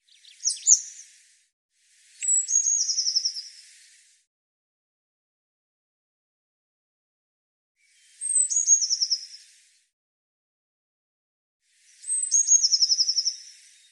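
Eurasian blue tit calls: a short call at the start, then thin, high, descending notes running into a fast buzzy churr, given three times with silent gaps between.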